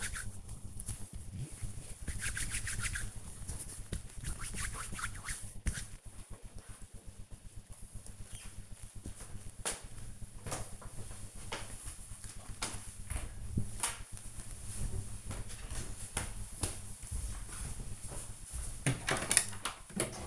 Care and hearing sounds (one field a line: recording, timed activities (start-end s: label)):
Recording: household activities, microphone on the right wrist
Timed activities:
0.00-5.20 s: disinfecting hands